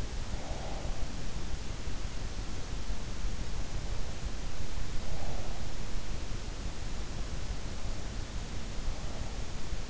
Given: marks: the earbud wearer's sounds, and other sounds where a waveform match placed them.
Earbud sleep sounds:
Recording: sounds in sleep by an in-ear microphone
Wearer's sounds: breath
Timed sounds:
0.00-1.83 s: breath

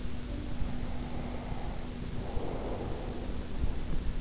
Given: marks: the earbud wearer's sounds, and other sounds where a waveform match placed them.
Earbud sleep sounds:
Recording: sounds in sleep by an in-ear microphone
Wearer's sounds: snoring breath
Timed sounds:
0.26-3.56 s: snoring breath

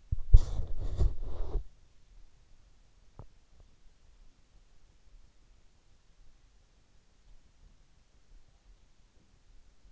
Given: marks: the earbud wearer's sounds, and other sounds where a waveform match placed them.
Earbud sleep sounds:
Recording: sounds in sleep by an in-ear microphone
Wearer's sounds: body movement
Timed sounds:
0.00-2.44 s: body movement

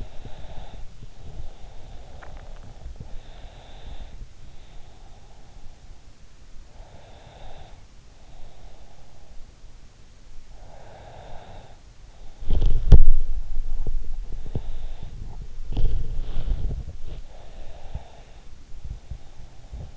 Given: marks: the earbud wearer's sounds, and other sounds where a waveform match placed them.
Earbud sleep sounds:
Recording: sounds in sleep by an in-ear microphone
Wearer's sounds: breath, body movement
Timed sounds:
0.00-12.28 s: breath
12.28-16.98 s: body movement
14.16-18.74 s: breath

